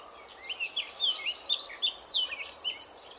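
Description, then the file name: Eurasian blackcap singing a quick, varied warble of sweet whistled notes and short slurs, the phrase swelling in the middle and tapering off. "Sylvia atricapilla"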